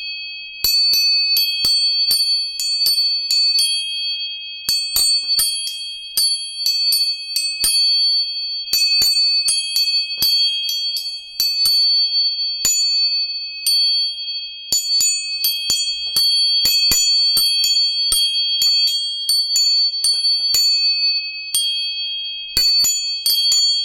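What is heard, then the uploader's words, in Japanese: Three tuning forks ring together in high, pure, steady tones that sustain through the whole recording. Over them, the forks are struck again and again in quick clusters, each hit a sharp metallic tap with a bright shimmer, coming every second or less with short pauses. 音叉チューニング3本。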